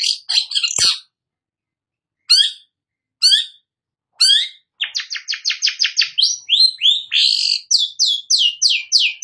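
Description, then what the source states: Long-tailed shrike song: scratchy chatter, a few spaced harsh notes, then a fast buzzy trill and a string of descending whistled slurs. Singing vigorously (gacor).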